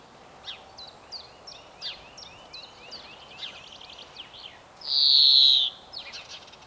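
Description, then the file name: European greenfinch song: a series of quick twittering chirps and trills, followed by a single long, loud wheezing buzz near the end. "Chloris chloris"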